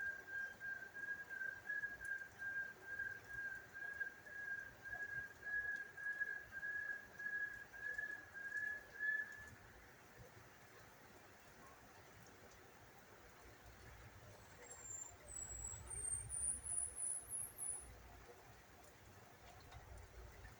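Birdsong outdoors: for the first nine seconds a bird repeats a steady, mid-pitched whistled note in quick, even pulses, then falls silent. From about 15 to 18 seconds, thin, very high chirps rise and flutter, over a soft, constant low rumble.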